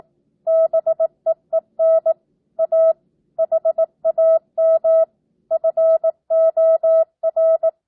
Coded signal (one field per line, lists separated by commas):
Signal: Morse code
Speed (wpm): 18 wpm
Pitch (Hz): 650 Hz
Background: none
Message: BEEN A HAM FOR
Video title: Morse Code Practice 12th Grade